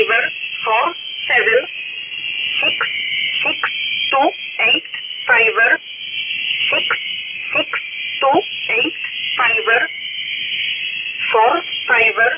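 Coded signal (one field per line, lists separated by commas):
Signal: numbers station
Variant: E11 Oblique, English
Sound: voice reading single digits at a steady pace: five, four, four, seven, six, six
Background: radio interference hiss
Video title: 5432kHz USB Polish Number Station E11 calling 232 (Jan 11, 2026)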